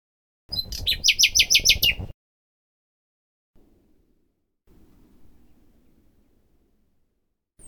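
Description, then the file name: Common nightingale giving one rapid phrase of loud repeated chirps lasting under two seconds, followed by near silence with faint low background rumble. "Luscinia megarhynchos"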